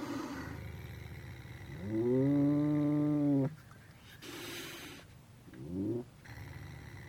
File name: gatti cats